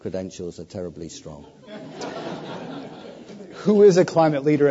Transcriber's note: laughter